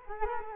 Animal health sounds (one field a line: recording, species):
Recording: mosquito wingbeat signal from an infrared sensor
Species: Culex quinquefasciatus